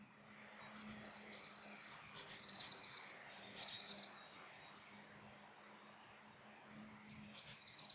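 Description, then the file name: Eurasian blue tit giving high phrases: two short thin notes followed by a quick trill, repeated three times in a row, then again after a pause. "Cyanistes caeruleus"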